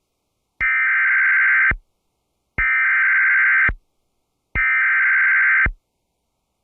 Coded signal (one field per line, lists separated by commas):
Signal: Emergency Alert System (SAME) tones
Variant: header bursts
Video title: EAS Severe Thunderstorm Warning Lexington County, SC. NWS Columbia, SC | WXRY Of EASyPLUS!